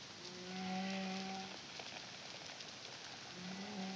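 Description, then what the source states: Humpback whale song: long, low tonal moans with stacked harmonics, one held over a second, another starting near the end, over steady hiss. Song recorded by the CARIMAM project in the Caribbean in 2023.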